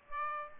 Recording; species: mosquito wingbeat signal from an infrared sensor; Aedes aegypti